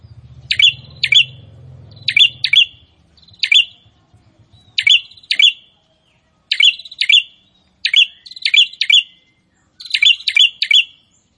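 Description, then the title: Prinia song in short bursts of one to four sharp chirps, separated by brief pauses; a low hum sounds underneath during the first few seconds. "Prenjak gacor"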